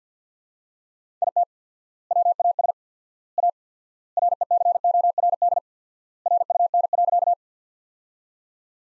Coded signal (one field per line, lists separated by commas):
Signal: Morse code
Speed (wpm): 50 wpm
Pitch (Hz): 700 Hz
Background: none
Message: IT WAS A RECORD RUN.